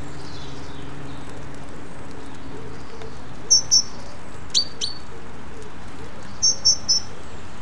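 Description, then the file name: Great tit calls: thin, high-pitched notes in short clusters of two or three, sounding at irregular intervals over a steady background hum. "Parus major"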